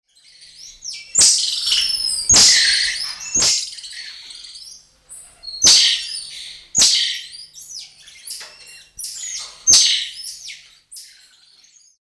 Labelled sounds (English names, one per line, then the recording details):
Red-chested Mustached Tamarin
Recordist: Tembrock, Günter
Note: Rufe eines Männchens